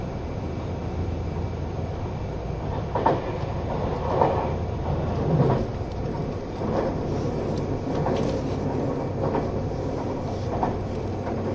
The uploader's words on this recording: HC85系 ひだ01号(グリーン車). 名古屋～高山. グリーン車の静粛な空間ながらエンジン音とモーター音のバランスが抜群で. 列車走行音. A great balance between the engine sound and the motor sound in a quiet space of the green car.